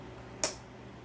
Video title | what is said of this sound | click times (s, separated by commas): Dyson Ball Animal 3 Extra (UP30) Vacuum Unboxing & Assembly Tutorial - Intellitech | push it down until it clicks into place hear | 0.4 s